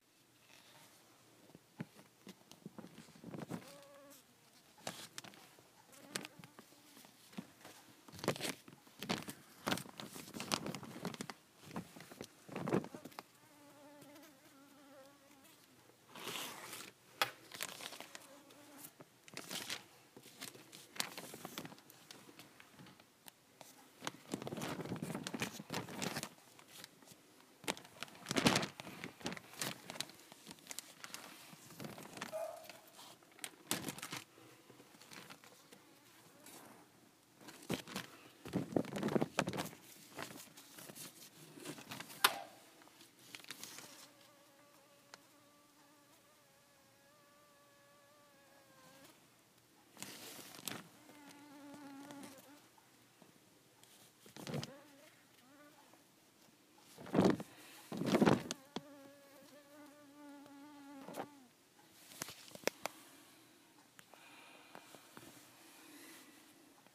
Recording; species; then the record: mosquito flight sound by mobile phone; Culiseta incidens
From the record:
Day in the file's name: 4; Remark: blood-fed